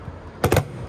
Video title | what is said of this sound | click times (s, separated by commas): Virtual Walkthrough of the 2024 Palomino Real-Lite HS-1803 Truck Camper at Parkland RV Center | push it back down and it will lock into place. | 0.5 s